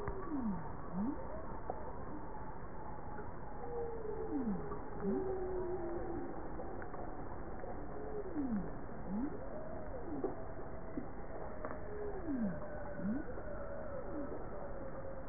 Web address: bowhead